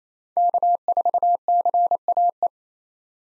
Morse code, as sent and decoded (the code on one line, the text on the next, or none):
-.- ....- -.-. .- .
K4CAE